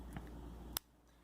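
The cap of a metal-bodied fountain pen is snapped onto the pen, with a faint tick near 0.2 s before a single sharp, bright click at 0.8 s as the cap seats. The background drops quieter right after, and the capping feel is judged not quite as nice.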